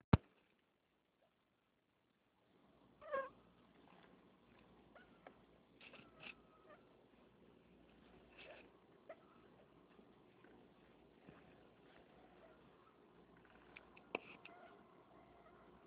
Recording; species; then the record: mosquito flight sound by mobile phone; Anopheles freeborni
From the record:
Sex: male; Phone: Nokia 6555B